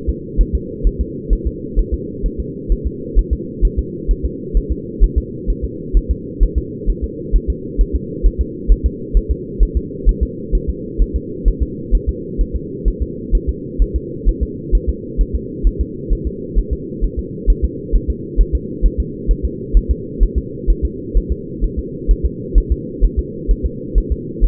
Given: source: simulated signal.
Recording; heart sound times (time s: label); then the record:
fetal heart sounds
0.09 s: S2
0.41 s: S1
0.55 s: S2
0.87 s: S1
1.01 s: S2
1.33 s: S1
1.47 s: S2
1.79 s: S1
1.94 s: S2
2.26 s: S1
2.40 s: S2
2.72 s: S1
2.87 s: S2
3.19 s: S1
3.33 s: S2
3.65 s: S1
3.79 s: S2
4.11 s: S1
4.25 s: S2
4.57 s: S1
4.72 s: S2
5.04 s: S1
5.18 s: S2
5.50 s: S1
5.65 s: S2
5.97 s: S1
6.11 s: S2
6.43 s: S1
6.58 s: S2
6.90 s: S1
7.04 s: S2
7.36 s: S1
7.50 s: S2
7.81 s: S1
7.96 s: S2
8.26 s: S1
8.41 s: S2
8.72 s: S1
8.86 s: S2
9.17 s: S1
9.31 s: S2
9.63 s: S1
9.77 s: S2
10.09 s: S1
10.23 s: S2
10.55 s: S1
10.70 s: S2
11.02 s: S1
11.16 s: S2
11.48 s: S1
11.63 s: S2
11.95 s: S1
12.09 s: S2
12.41 s: S1
12.56 s: S2
12.88 s: S1
13.02 s: S2
13.35 s: S1
13.49 s: S2
13.82 s: S1
13.96 s: S2
14.29 s: S1
14.43 s: S2
14.75 s: S1
14.89 s: S2
15.21 s: S1
15.35 s: S2
15.67 s: S1
15.81 s: S2
16.13 s: S1
16.27 s: S2
16.59 s: S1
16.73 s: S2
17.04 s: S1
17.19 s: S2
17.50 s: S1
17.65 s: S2
17.96 s: S1
18.10 s: S2
18.41 s: S1
18.55 s: S2
18.86 s: S1
19.00 s: S2
19.31 s: S1
19.45 s: S2
19.77 s: S1
19.91 s: S2
20.23 s: S1
20.38 s: S2
20.70 s: S1
20.85 s: S2
21.17 s: S1
21.32 s: S2
21.64 s: S1
21.79 s: S2
22.11 s: S1
22.26 s: S2
22.58 s: S1
22.72 s: S2
23.04 s: S1
23.19 s: S2
23.51 s: S1
23.66 s: S2
23.98 s: S1
24.12 s: S2
24.44 s: S1
From the record:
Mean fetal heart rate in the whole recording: 130 bpm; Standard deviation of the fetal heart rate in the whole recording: 2 bpm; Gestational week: 36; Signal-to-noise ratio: -4.1 dB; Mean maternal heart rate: no maternal heart sound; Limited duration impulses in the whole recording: absent